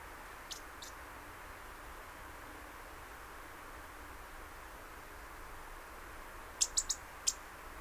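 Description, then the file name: European robin giving sharp, high ticking calls, two early and a quick cluster near the end, over a steady low hiss. "Erithacus rubecula"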